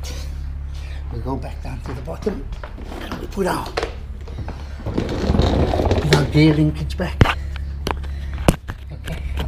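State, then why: Seated. Someone talks as a gear shift linkage, removed earlier for CV joint boot work, is pushed back onto its ball joint on the transmission selector. It snaps home with sharp clicks at 7.9 s and 8.5 s and is then locked in place, while a steady low hum runs underneath.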